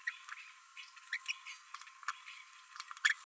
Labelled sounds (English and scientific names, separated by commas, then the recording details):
Green-rumped Parrotlet (Forpus passerinus) babbling
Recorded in a nest box in Venezuela
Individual 18B12A1